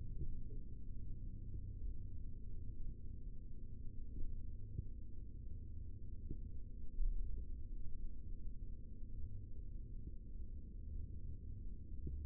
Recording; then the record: forearm muscle sounds (acoustic myography)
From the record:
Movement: rest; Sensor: system 3, bracelet of six PUI Audio POM-2738L microphones around the upper forearm, with dedicated amplification and filtering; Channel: 6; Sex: male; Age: 23 years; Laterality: right